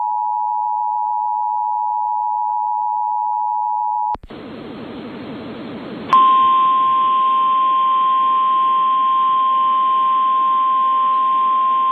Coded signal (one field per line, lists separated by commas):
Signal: Emergency Alert System (SAME) tones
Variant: 853 and 960 Hz attention tone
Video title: Tornado Warning (TN and AR) (4/2/25) [EAS #122]